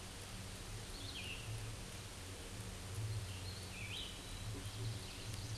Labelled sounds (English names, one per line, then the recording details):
Hooded Warbler song
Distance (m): 20 m
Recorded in a Pennsylvania forest on 18 May 2023 at 11:02
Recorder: AudioMoth, point grid1_31_low
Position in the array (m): 132 m, 105 m